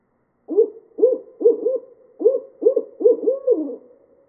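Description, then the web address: Barred owl calling with a quick string of rounded hoots, several paired, closing on a longer sliding, falling note; background otherwise silent. Recorded 17 August 2013. "Barred Owl 2013 08 17"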